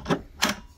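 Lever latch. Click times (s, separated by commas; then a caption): 0.4 s. The raised handlebar of a Dewalt 20V cordless lawn mower has its quick-release lever pushed over center. After a brief broadband rattle near 0.1 s, a sharp click at 0.4 s marks the latch snapping into place, seated.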